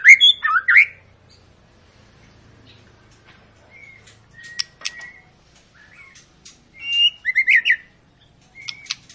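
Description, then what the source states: White-rumped shama song: a loud warbled burst, a long quiet gap with faint notes, then a fresh burst of whistled phrases and clicks. Long, lively ('gacor') lure song of murai batu, played to prompt birds to sing.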